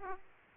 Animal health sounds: mosquito wingbeat signal from an infrared sensor; Aedes aegypti

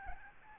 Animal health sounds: mosquito wingbeat signal from an infrared sensor; Aedes albopictus

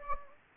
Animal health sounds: mosquito wingbeat signal from an infrared sensor; Anopheles gambiae

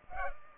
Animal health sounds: mosquito wingbeat signal from an infrared sensor; Culex pipiens

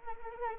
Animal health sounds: mosquito wingbeat signal from an infrared sensor; Anopheles arabiensis

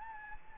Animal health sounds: mosquito wingbeat signal from an infrared sensor; Anopheles gambiae

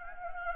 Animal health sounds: mosquito wingbeat signal from an infrared sensor; Anopheles gambiae

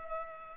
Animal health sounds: mosquito wingbeat signal from an infrared sensor; Culex pipiens

